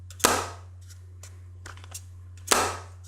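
The magnetic lid of a wireless microphone kit's charging case is snapped shut twice, giving sharp, bright clicks at 0.3 s and 2.5 s over a steady low hum, with a few faint handling taps in between. Each time the magnetic lid snaps fully closed.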